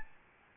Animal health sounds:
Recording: mosquito wingbeat signal from an infrared sensor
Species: Aedes albopictus

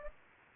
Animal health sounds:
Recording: mosquito wingbeat signal from an infrared sensor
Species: Anopheles gambiae

